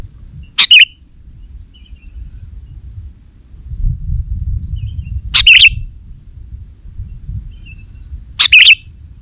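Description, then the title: Sooty-headed bulbul giving loud, short chirpy phrases, three bursts at uneven intervals, over a low rumbling background and a faint steady high whine. "kutilang"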